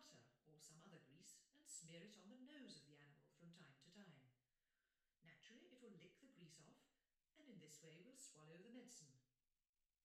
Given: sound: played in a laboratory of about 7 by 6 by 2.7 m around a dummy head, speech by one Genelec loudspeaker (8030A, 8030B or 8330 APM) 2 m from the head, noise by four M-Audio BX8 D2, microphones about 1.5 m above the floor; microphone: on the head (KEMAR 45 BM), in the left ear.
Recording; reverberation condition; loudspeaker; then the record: female speech in English; medium; 30 degrees to the right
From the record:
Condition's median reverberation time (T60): about 510 ms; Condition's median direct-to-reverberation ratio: about -0.5 dB